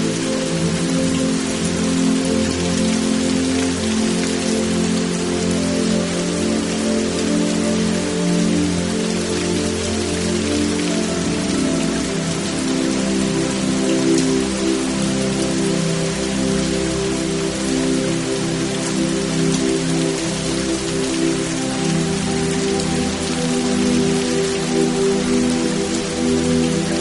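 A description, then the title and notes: Steady, dense rain patters evenly throughout, a bright hiss over a low droning hum with tonal bands that shift slightly midway. Soothing Sounds of Rain to Melt Away Stress.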